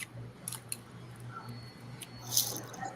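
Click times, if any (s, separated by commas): 0.7 s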